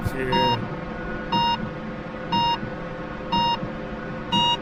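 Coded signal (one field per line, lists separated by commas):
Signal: none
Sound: game cockpit warning beeps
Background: speech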